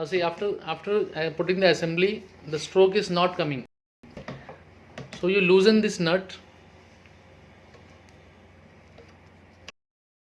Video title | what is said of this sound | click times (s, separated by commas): maintenance of impact press | A click sound from inside. | 9.7 s